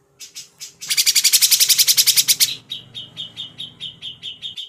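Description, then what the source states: Grey-cheeked bulbul song: a rapid rattling chatter swelling loud for about two seconds, then a series of evenly spaced clear whistled notes. Used for training songbirds.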